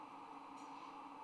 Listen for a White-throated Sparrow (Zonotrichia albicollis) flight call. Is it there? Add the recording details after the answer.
no. No flight call is heard. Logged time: 03:34 on 26 November 2014